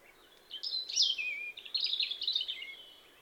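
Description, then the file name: European robin song: two bursts of high, thin, warbling notes with quick sliding whistles, the second burst more jumbled and twittering. "Erithacus rubecula"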